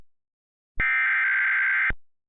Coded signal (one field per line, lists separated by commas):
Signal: Emergency Alert System (SAME) tones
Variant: header bursts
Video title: EAS Mock: Winter Storm Warning (Requested)